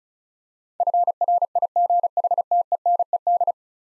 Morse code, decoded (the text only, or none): FRIGHTENED